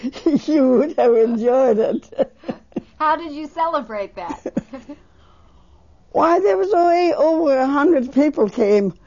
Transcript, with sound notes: You would have enjoyed it. (They laugh.)
How did you celebrate that?
Why, there was, way over one hundred people came.